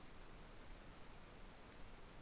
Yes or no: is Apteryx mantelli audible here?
no